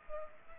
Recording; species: mosquito wingbeat signal from an infrared sensor; Culex pipiens